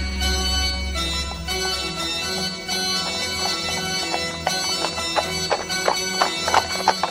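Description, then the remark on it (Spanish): Rhythmic clopping hoofbeats grow sharper and more frequent as a farmer's horse returns from the mountains with a herd of wild horses, sounding over a steady low rumble and sustained ringing, bell-like tones. “Una semana después, el caballo volvió de las montañas, trayendo consigo una manada de caballos salvajes.”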